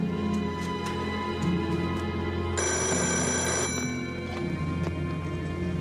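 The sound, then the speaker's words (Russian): A telephone bell rings in a steady, shrill metallic trill, with a brighter burst in the middle, over a constant low hum and faint clatter, as a call is placed to Krechetov. “Звонит Кречетову.”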